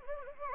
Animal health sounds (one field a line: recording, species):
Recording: mosquito wingbeat signal from an infrared sensor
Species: Anopheles gambiae